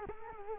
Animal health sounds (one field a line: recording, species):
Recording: mosquito wingbeat signal from an infrared sensor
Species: Culex quinquefasciatus